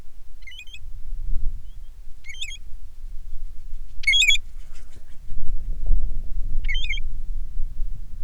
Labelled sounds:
bird, wind
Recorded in the Prudhoe Bay oil fields, Alaska, on 10 July 2019 at 10:13
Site 11

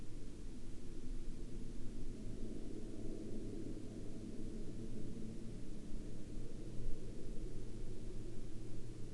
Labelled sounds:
man-made sound
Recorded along the Dalton Highway, Alaska, on 19 March 2019 at 06:47
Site 08

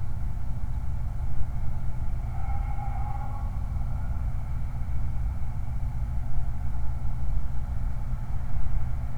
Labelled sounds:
vehicle
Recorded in the Prudhoe Bay oil fields, Alaska, on 29 July 2019
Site 29

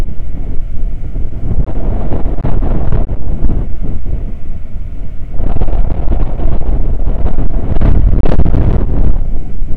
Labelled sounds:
wind
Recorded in the Prudhoe Bay oil fields, Alaska, on 9 August 2019 at 00:06
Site 29

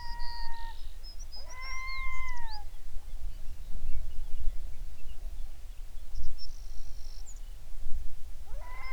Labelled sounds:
songbird, loon
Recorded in the Prudhoe Bay oil fields, Alaska, on 11 June 2019 at 05:12
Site 21

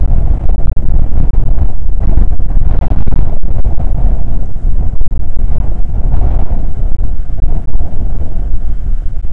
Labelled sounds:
wind
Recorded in the Prudhoe Bay oil fields, Alaska, on 19 July 2019 at 00:02
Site 25

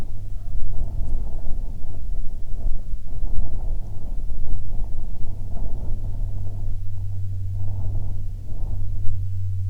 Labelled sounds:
wind
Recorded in the Prudhoe Bay oil fields, Alaska, on 7 August 2019 at 14:20
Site 17

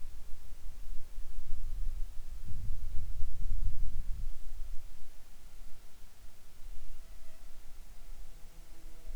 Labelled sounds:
wind, insects
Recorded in the Arctic National Wildlife Refuge, Alaska, on 7 July 2019 at 18:45
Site 41

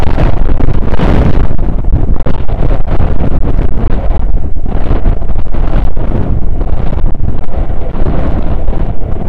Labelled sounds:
wind
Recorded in the Prudhoe Bay oil fields, Alaska, on 9 August 2019 at 00:01
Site 29

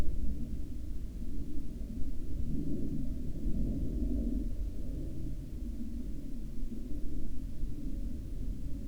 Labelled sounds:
aircraft
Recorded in the Prudhoe Bay oil fields, Alaska, on 30 July 2019 at 18:37
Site 17

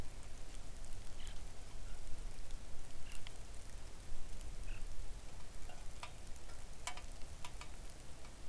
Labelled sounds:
songbird, rain
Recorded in the Arctic National Wildlife Refuge, Alaska, on 3 August 2019 at 05:58
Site 41

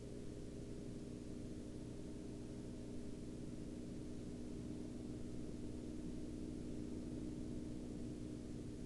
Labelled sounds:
man-made sound
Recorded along the Dalton Highway, Alaska, on 14 October 2019 at 20:01
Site 08

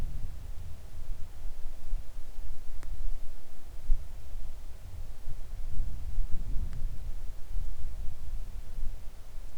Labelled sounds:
weather or water
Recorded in the Arctic National Wildlife Refuge, Alaska, on 3 August 2019 at 10:21
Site 41

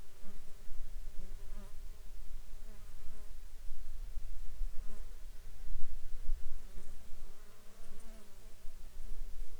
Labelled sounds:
insects
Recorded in the Arctic National Wildlife Refuge, Alaska, on 21 June 2019 at 11:22
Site 33

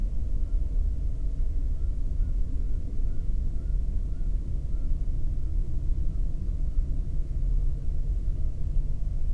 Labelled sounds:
waterfowl, man-made sound
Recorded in the Prudhoe Bay oil fields, Alaska, on 22 May 2019 at 00:33
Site 19

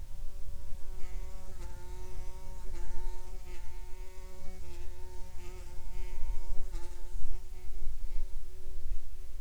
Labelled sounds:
insects
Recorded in the Prudhoe Bay oil fields, Alaska, on 10 July 2019 at 14:21
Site 14

